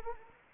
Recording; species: mosquito wingbeat signal from an infrared sensor; Anopheles arabiensis